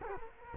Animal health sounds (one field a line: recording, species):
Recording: mosquito wingbeat signal from an infrared sensor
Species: Culex quinquefasciatus